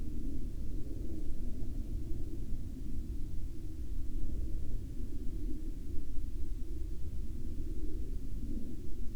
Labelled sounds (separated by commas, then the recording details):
aircraft
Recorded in the Prudhoe Bay oil fields, Alaska, on 12 May 2019 at 16:23
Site 13